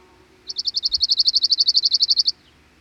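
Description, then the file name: Cirl bunting song: a rapid rattle of about twenty identical high notes, evenly repeated for nearly two seconds on one pitch. "Cirl Bunting (Emberiza cirlus)"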